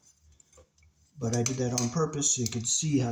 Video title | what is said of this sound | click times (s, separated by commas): when and how to use a plastic bushing to prevent wire damage | and what a joy it is to put it in upside down so you just pop it out | 0.4 s